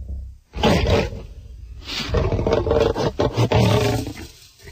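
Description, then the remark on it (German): A loose lion at the entrance of the town of Neukasino roars in two long, loud, rumbling bursts, the first short and the second drawn out and ragged, deep and growling throughout, with no talking. “Am Ortseingang von Neukasino war der Löwe los.”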